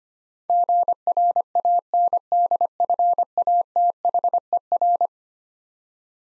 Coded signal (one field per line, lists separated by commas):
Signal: Morse code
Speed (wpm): 25 wpm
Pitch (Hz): 700 Hz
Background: none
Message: GRANDFATHER